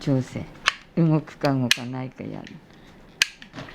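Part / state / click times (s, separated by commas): lever in a fortune-slip dispenser mechanism / seated / 3.2 s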